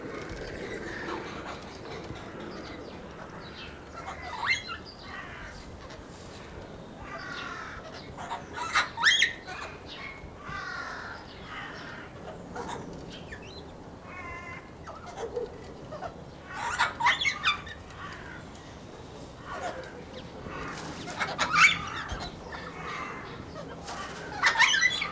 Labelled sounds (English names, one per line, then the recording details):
Major Mitchell's Cockatoo call
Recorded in captivity
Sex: pair
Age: adult
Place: Zoo Berlin, Berlin, DE
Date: 1998-03-21 11:44
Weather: heiter, ca. 0°C
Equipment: Nagra SN, Kopie Uher 4000 Report Monitor
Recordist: Tembrock, Günter